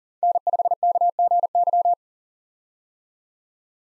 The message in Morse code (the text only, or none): N5KGY